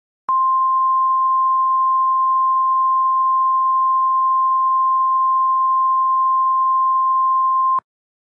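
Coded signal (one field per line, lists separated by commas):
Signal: Emergency Alert System (SAME) tones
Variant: 1050 Hz attention tone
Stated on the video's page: Faux alert made with text-to-speech software.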